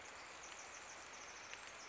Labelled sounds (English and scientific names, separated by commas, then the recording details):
Pacific Wren (Troglodytes pacificus)
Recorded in Sonoma County, California